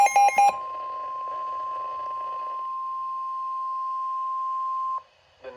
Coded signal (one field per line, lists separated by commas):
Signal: Emergency Alert System (SAME) tones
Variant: 1050 Hz attention tone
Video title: NOAA Weather Radio - EAS Tripleheader SVR & 2 Tornado Warnings [EAS #286-#288] (4/1/23)